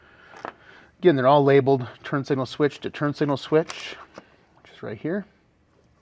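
A labeled turn signal switch harness plug is handled at its plastic mating connector during a turn signal kit installation on a Polaris Xpedition Gen 2. Someone talks throughout, with a few faint handling ticks. Nothing has seated or clicked yet.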